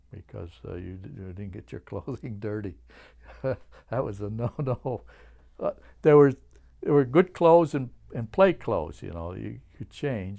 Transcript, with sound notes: because you didn't get your clothing dirty. (he laughs) That was a no-no. But there were, there were good clothes and, and play clothes, you know, you could change.